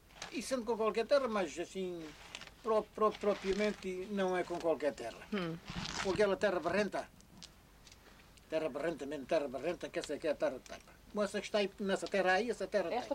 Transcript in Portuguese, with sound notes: Isso sendo com qualquer terra, mas assim próprio, próprio propriamente não é com qualquer terra.
Rhum.
Com aquela terra barrenta, [pausa] terra barrenta, mesmo terra barrenta, que essa é que é a terra de taipa. Como essa que está aí nessa terra aí, essa é terra de taipa.